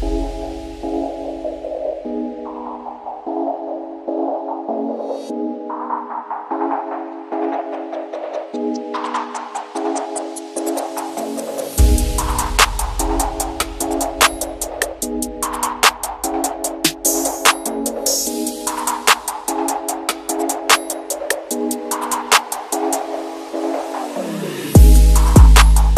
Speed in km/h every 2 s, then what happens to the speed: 16, 11, 5, 3, 0, 0, 0, 0, 0, 2, 2, 2, 2.
0-7 slows to 0. 7-26 standing.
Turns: none.